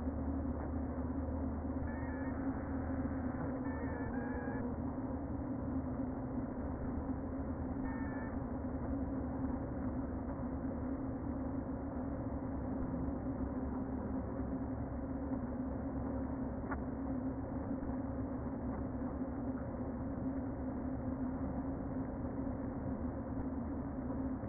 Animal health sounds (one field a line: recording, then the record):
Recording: honeybee colony, microphone inside the hive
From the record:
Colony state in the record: queen present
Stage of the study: before two queens were removed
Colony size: about 60,000 bees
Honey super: yes